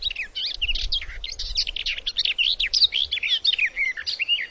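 Bird calls, a rapid, busy stream of high chirps and twittering notes throughout, with faint low rumbling underneath.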